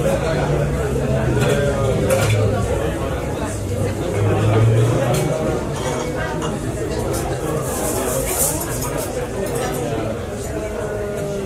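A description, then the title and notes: Busy café murmur in Paris, a steady, dense blend of many overlapping voices chatting with no single speaker standing out. Dishes and cutlery clink now and then, brighter taps scattered throughout, especially around the middle and near eight seconds. White noise - Cafe in Paris.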